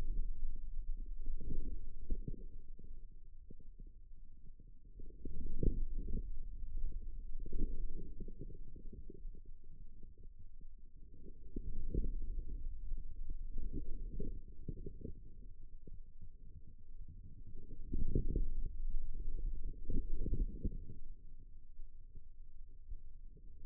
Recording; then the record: forearm muscle sounds (acoustic myography)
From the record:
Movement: outward rotation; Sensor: system 2, bracelet of six BSWA MPA416 microphones around the upper forearm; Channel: 1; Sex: male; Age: 22 years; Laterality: right